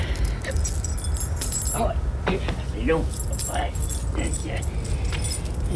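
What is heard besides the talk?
keys jangling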